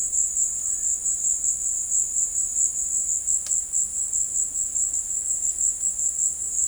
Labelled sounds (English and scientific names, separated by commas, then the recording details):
none
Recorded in dense forest near Puerto Asís, Putumayo, Colombia, on 21 February 2024 at 15:30
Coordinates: 0.485, -76.318
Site G6408